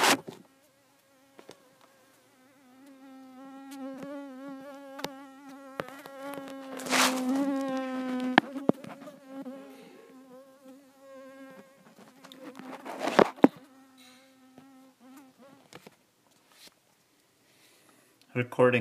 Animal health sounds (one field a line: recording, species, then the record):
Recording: mosquito flight sound by mobile phone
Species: Culiseta incidens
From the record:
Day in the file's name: 4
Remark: blood-fed